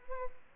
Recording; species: mosquito wingbeat signal from an infrared sensor; Aedes albopictus